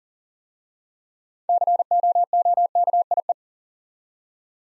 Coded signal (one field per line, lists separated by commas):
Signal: Morse code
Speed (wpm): 39 wpm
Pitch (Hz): 700 Hz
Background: none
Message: COOKIE